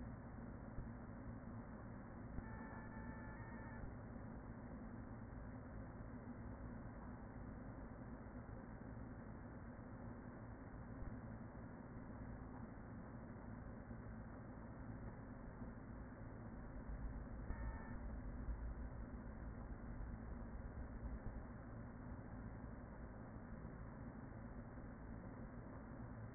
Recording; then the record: honeybee colony, microphone inside the hive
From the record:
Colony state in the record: queen present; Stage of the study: after two queens were removed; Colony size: about 40,000 bees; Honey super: no